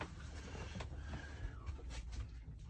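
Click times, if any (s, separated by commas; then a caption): 0.0 s, 0.8 s. Air hose connectors are plugged into the new air chambers of a conventional Sleep Number bed mattress. Two sharp snaps are heard at 0.0 and 0.8 seconds over a steady low background hum, and the connectors seat.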